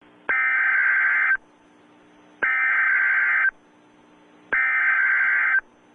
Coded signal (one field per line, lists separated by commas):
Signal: Emergency Alert System (SAME) tones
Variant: header bursts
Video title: Mega Man Nightmare Boss Attack (multi-part EAS mock-up) - Part 4-7